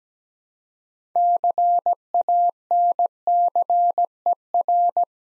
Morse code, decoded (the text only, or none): CANCER